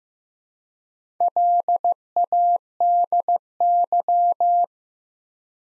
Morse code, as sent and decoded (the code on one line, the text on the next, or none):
.-.. .- -.. -.--
LADY